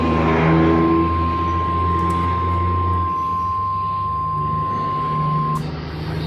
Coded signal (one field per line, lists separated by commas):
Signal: Emergency Alert System (SAME) tones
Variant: 1050 Hz attention tone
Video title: MORE TESTING... EAS Tests from 3/1/2021-3/31/2021 (EAS #492-501)